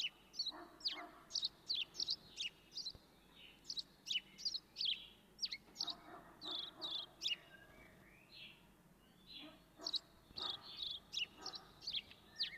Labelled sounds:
House Sparrow (Passer domesticus) song

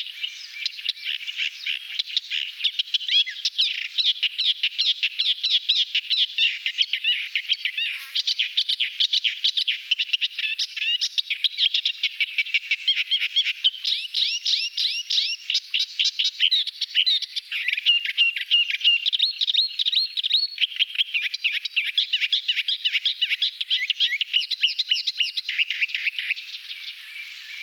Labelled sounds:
Thick-billed Warbler (Iduna aedon) song

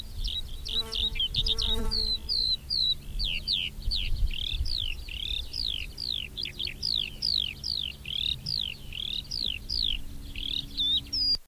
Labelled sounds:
Eurasian Skylark (Alauda arvensis) song

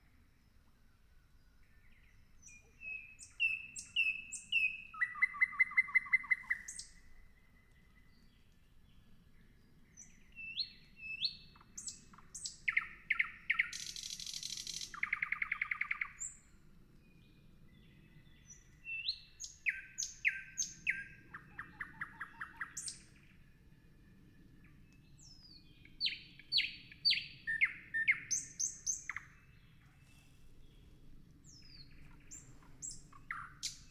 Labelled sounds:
Thrush Nightingale (Luscinia luscinia) song

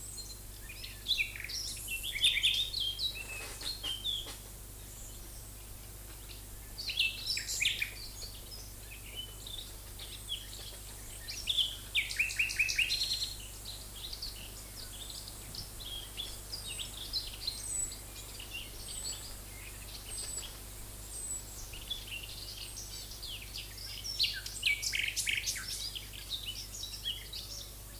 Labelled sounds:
Common Nightingale (Luscinia megarhynchos) song

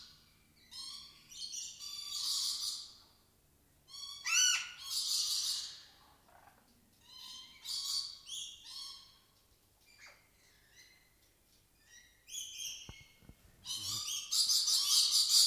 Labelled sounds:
Red-bellied Macaw (Orthopsittaca manilatus) call

